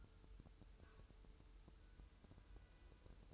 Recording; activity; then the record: daily activity, microphone in the room; take from stove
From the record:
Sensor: 2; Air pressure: 988.1 hPa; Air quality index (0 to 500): 191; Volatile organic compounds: 186 ppm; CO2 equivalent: 4165 ppm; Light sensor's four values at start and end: 21/70/28/26 and 21/70/28/26